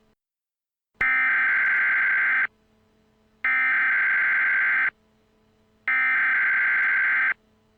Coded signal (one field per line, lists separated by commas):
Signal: Emergency Alert System (SAME) tones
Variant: header bursts